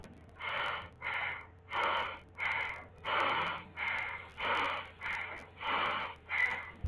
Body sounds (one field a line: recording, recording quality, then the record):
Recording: deep breathing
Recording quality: excellent, no background noise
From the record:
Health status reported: healthy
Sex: male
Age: 18 years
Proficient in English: yes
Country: India